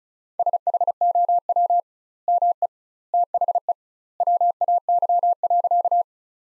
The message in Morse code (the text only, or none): SHOW ME THE WAY.